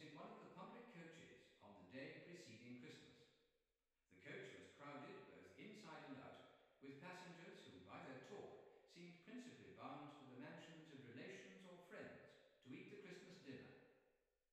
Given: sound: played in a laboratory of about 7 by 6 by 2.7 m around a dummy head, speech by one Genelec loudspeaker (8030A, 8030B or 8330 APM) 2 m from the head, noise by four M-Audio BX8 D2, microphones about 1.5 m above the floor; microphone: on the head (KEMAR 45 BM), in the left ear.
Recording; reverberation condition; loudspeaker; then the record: male speech in English; high; 150 degrees to the right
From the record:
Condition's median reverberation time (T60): about 1300 ms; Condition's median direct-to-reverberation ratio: about -4.0 dB